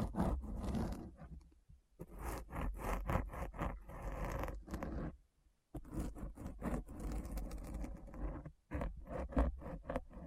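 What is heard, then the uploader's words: Deep scratching sounds in quick, dense rhythmic bursts, with brief silent pauses near two, five-and-a-half and eight-and-a-half seconds. ASMR Deep Brain Scratch (No Talking).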